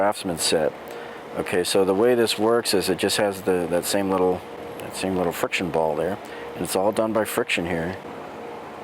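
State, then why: Not seated. Someone talks while handling a steel socket at a ratchet's square drive, which holds sockets with a friction ball detent and has no release button. Steady speech runs throughout over a low background hum. The socket has not yet snapped onto the drive, and nothing has seated or clicked.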